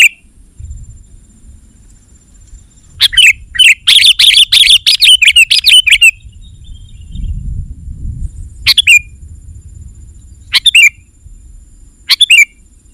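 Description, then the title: Sooty-headed bulbul song: a fast three-second burst of bubbly chirps, then three short separate chirped phrases spaced a couple of seconds apart, over soft low rumble. "kutilang"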